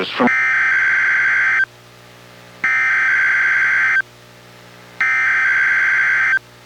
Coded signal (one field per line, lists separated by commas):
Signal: Emergency Alert System (SAME) tones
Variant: header bursts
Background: speech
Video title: EAS #944: NWR Required Weekly Test- June 26, 2024- 11:21AM PDT